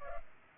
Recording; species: mosquito wingbeat signal from an infrared sensor; Culex pipiens